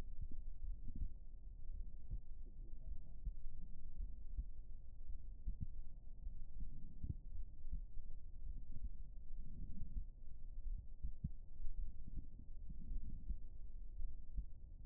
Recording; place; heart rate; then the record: heart sounds by stethoscope; pulmonary valve (PV); 53 bpm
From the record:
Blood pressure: 113/57 mmHg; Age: 45 years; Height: 150 cm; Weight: 45 kg